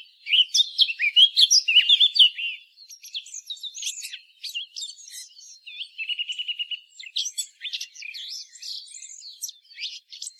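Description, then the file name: Eurasian blackcap singing a fast, varied warble of high chirps and scratchy notes, with a brief even trill after six seconds, then more jumbled phrases. "Sylvia atricapilla"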